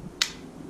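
The bolt of a Kral Puncher Pro .177 air rifle is pushed through its last closing stage and locks home with one sharp click at 0.2 s. The bolt is seated and the rifle is ready to fire.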